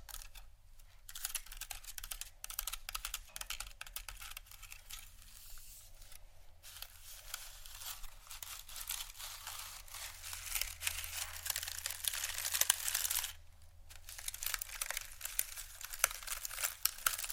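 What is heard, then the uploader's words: ASMR wooden triggers: a dense run of quick, crisp tapping and clicking, like fingers on wood, with a scratchy crinkling texture throughout. The sound stays bright and busy, pausing briefly near 1, 6 and 13 seconds, over a low steady hum. ASMR Wooden Triggers（No Talking）.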